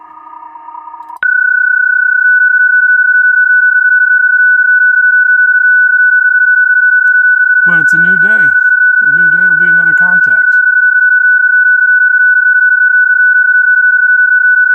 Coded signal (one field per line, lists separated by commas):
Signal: PSK31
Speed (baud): 31.25 baud